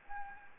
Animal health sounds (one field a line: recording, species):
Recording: mosquito wingbeat signal from an infrared sensor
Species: Anopheles gambiae